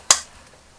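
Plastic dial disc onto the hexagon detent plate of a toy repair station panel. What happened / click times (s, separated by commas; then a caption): The plastic disc clicked into place / 0.1 s. A plastic number disc (number three) for the computer panel of a vintage Six Million Dollar Man Bionic Transport and Repair Station toy is placed on the blue plastic hexagon detent plate and rotated or pushed until it seats. A short, sharp snap is heard at 0.1 s, then quiet. The disc clicks into place.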